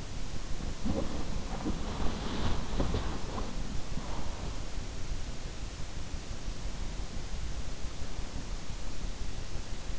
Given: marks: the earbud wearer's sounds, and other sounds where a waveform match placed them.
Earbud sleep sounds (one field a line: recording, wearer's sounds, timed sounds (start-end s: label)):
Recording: sounds in sleep by an in-ear microphone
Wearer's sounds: body movement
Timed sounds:
0.00-4.69 s: body movement